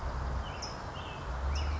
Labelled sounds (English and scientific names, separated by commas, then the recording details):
California Towhee (Melozone crissalis)
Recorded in Sonoma County, California